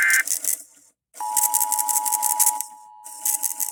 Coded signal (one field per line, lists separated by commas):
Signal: Emergency Alert System (SAME) tones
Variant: 853 and 960 Hz attention tone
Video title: SAN DIEGO WITH A HINT OF SANTA BARBARA! Radio/Stream EAS: Required Monthly Test (EAS# 649)